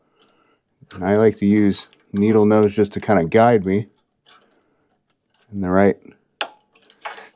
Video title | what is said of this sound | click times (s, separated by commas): Kubota Mower Won’t Run Right Full Fuel System Fix & Carburetor Solution for Kawasaki FD590V | as soon as you hear it pop in. | 6.4 s